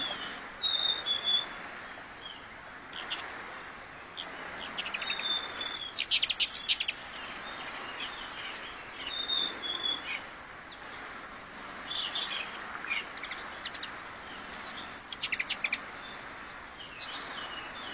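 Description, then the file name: Ruby-throated hummingbird chips: scattered short bursts of dry ticking throughout, mixed with thin whistled notes and a steady shrill insect hum. "Canto do beija flor da garganta vermelha"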